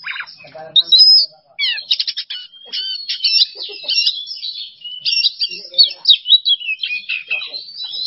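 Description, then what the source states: Oriental magpie-robin song: sharp rising whistles, rattling notes and scratchy twittering phrases follow one another quickly, with brief gaps between bursts. Masteran training recording for songbirds; kacer song style named bongkar isian emosi.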